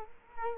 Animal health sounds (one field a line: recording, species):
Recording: mosquito wingbeat signal from an infrared sensor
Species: Culex quinquefasciatus